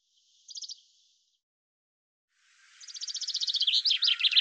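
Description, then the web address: Bird calls: a brief burst of high chirps, a pause, then a quickening series of sharp high notes ending in rapid sweeping twitters. "Deverinetal 2025 Bird Fr Co"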